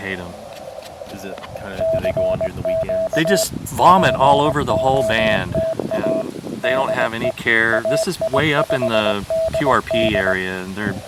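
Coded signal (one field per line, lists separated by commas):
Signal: Morse code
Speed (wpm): 20 wpm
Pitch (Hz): 650 Hz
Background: speech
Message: CQ POTA DE AI5DD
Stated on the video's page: Park activation using a repaired QMX with a CHA F-Loop 3.0 antenna; windy conditions, DX including Russia, and a Feld Hell signal causing interference.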